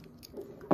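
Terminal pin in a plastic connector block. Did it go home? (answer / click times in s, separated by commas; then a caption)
released / 0.7 s. A crimped metal terminal pin, its locking tab pressed flat with a small allen key, is pushed out of the back of a plastic connector block. After a few faint ticks, a sharp, loud click sounds at 0.7 s as the pin pops out. The pin is released and the wire is free.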